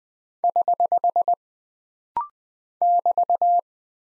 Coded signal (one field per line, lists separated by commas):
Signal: Morse code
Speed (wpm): 20 wpm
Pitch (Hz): 700 Hz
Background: none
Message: <HH> <BT>